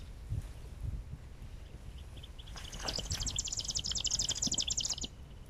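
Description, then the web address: Marsh grassbird giving a quick chattering rattle of high repeated notes for about two and a half seconds, with faint low background noise. Recorded 14 March 2020. "2020-03-14 Helopsaltes-pryeriv-2020-03-14"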